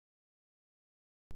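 A plastic safety-eye washer, a small cup or bowl, is being handled and pressed onto the plastic screw post of a safety eye through crocheted fabric. The clip is silent until a brief burst of broadband handling noise begins at about 1.3 s and runs to the end. Nothing has seated or clicked yet.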